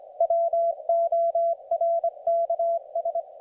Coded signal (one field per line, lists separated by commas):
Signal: Morse code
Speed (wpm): 22 wpm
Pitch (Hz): 690 Hz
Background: none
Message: WORKS